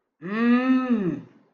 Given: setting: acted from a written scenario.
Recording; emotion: vocal sound without words; anger